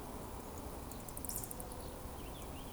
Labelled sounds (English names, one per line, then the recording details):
Eurasian Woodcock whistle
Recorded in Baden-Württemberg, Germany, on 25 June 2020 at 20:17 UTC
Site 24578, 122 m above sea level